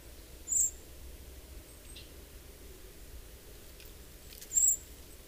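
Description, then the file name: Common blackbird giving two short, very high, thin seep notes about four seconds apart over a low steady background hiss. "Turdus merula"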